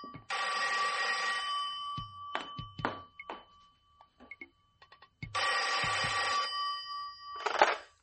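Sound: telephone ringing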